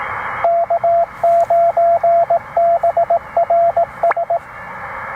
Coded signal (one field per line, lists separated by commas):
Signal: Morse code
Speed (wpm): 19 wpm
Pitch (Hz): 680 Hz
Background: radio noise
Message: K9BRS